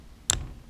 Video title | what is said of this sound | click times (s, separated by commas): Guide til montering af cylinderkit // Guide: How to mount a cylinder kit - Speedline.dk | Then you could hear it click into place. | 0.3 s